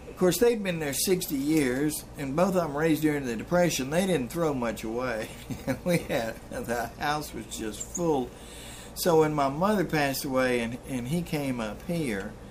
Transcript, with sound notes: course they have been there sixty years, and both of them were raised during the depression, they didn’t throw much away [Laughing] and we had about, the house was just full, so when my mother passed away and, and he came up here,